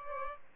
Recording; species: mosquito wingbeat signal from an infrared sensor; Aedes albopictus